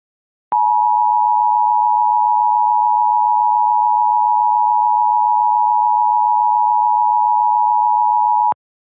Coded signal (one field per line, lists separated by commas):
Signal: Emergency Alert System (SAME) tones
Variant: 853 and 960 Hz attention tone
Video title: EAS Mock: A Real Flash Flood Warning!